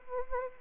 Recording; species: mosquito wingbeat signal from an infrared sensor; Anopheles arabiensis